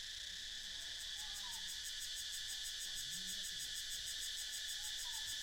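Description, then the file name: Cicadas buzz loudly and continuously in a high, pulsating drone, while faint low calls and brief squeaky chirps sound softly underneath. More than one cicada. "freesound cicadas"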